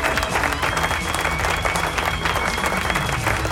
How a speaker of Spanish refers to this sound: También hoy cumple el señor …, así que un aplauso para ….